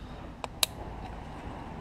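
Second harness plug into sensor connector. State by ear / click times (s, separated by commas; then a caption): seated / 0.6 s. The second plastic connector of a Magneti Marelli chiptuning box harness is pushed firmly onto the MAP sensor connector of a Dodge Dart. A faint tick at 0.4 s is followed by a sharp, bright click at 0.6 s over low background noise. The plug seats fully.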